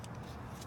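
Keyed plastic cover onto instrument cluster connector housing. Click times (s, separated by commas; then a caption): 0.0 s. A keyed plastic cover, which only fits one way, is pushed back over an instrument cluster connector housing and snaps into place with one short, sharp click at 0.0 s. A steady low rumble continues underneath, and the cover is seated.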